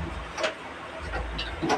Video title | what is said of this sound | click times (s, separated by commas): Paano daw mag install ng blinds at rangehood/ka botchog tv | naka-shoot po siya sa lock | 1.4 s